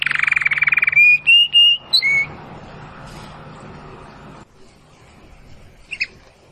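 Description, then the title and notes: Domestic canary giving a quick trill and several held whistled notes for about two seconds, then fading to hiss with one brief note near the end. Belgian canary singing; labelled 'Campainha'. "Canário Belga Campainha Canary Singing. Canario Belga Cantando"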